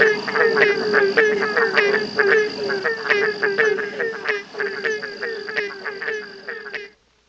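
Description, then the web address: Tree frog chorus: many quick nasal pulsed calls overlapping for about seven seconds before stopping abruptly. "Hylidae"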